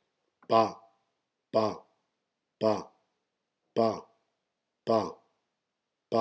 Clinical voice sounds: repeated syllable /pa/; male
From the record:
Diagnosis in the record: healthy control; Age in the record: 68 years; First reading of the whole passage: 59 s, 8.7 characters per second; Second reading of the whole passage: 51 s, 9.9 characters per second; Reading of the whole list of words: 42 s, 6.7 characters per second

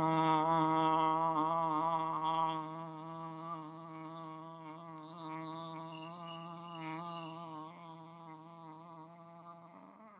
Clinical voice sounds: sustained vowel /a/; female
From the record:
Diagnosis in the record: healthy control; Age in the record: 68 years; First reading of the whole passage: 56 s, 9.3 characters per second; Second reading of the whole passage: 53 s, 9.8 characters per second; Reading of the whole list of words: 52 s, 5.4 characters per second

